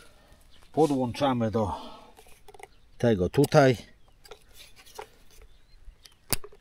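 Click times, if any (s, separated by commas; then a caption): 6.3 s. A hose's quick-connect fitting is pushed onto the inlet of a MUDIRO 21V cordless pressure washer while someone talks, with small handling taps and rustles in between. A sharp click at 6.3 s shows the connector has seated, and the washer is ready.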